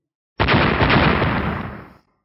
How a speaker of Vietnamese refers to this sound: Hai tiếng nổ vang lên, vô số đạo ngân hồ đang vào nhau, nháy mắt đã bao phủ phạm vi hơn 20 trượng.